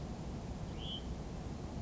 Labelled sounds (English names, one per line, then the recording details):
Hutton's Vireo
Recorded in Sonoma County, California